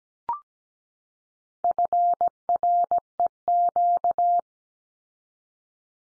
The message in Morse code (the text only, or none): FREQ